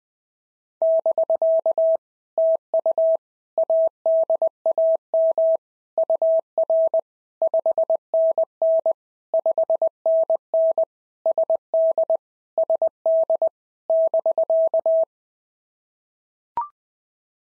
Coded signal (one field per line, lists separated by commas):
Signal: Morse code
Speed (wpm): 20 wpm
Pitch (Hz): 650 Hz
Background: none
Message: <BK> TU ADAM UR 5NN 5NN SD SD <BK>